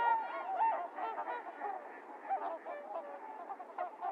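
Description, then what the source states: Trumpeter swans calling in a dense flock, overlapping nasal honks and bugling notes rising and falling, many birds at once with a constant chorus underneath. Recorded 28 January 2022; several swans; low frequencies filtered out.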